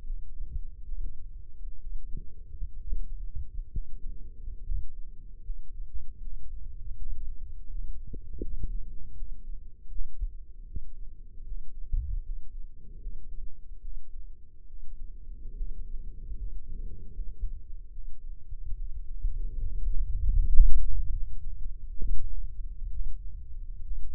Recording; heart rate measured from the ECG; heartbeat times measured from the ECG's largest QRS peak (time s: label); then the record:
heart sounds by microphone in the left ear; 73 bpm
0.03 s: heartbeat
0.85 s: heartbeat
1.80 s: heartbeat
2.76 s: heartbeat
3.70 s: heartbeat
4.63 s: heartbeat
5.42 s: heartbeat
6.20 s: heartbeat
6.96 s: heartbeat
7.68 s: heartbeat
8.41 s: heartbeat
9.15 s: heartbeat
9.88 s: heartbeat
10.65 s: heartbeat
11.44 s: heartbeat
12.22 s: heartbeat
12.99 s: heartbeat
13.81 s: heartbeat
14.66 s: heartbeat
15.55 s: heartbeat
16.36 s: heartbeat
17.12 s: heartbeat
17.91 s: heartbeat
18.75 s: heartbeat
19.59 s: heartbeat
20.36 s: heartbeat
21.12 s: heartbeat
21.97 s: heartbeat
22.90 s: heartbeat
23.81 s: heartbeat
From the record:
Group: healthy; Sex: male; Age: 35 years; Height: 178 cm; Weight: 64 kg